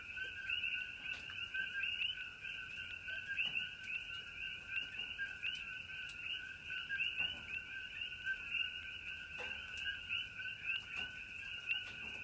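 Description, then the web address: Coqui frogs calling en masse, dense rhythmic two-note chirps running continuously, light rain ticking softly in the background. Several coqui frogs calling in Hawaii during light rain. "coqui frogs aloha with light rain"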